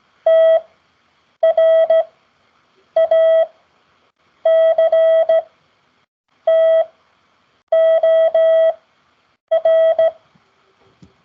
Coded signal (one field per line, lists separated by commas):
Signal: Morse code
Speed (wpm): 16 wpm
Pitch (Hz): 650 Hz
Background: none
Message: TRACTOR